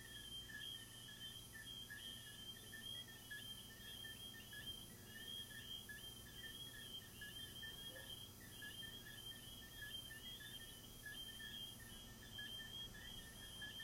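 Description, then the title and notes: Crickets keep up a continuous chirping chorus, rapid pulses stacked in high and lower bands, steady throughout against light background noise. Crickets recorded in the recordist's garden, presented as relaxing ASMR. "These are relaxing asmr crickets from my garden"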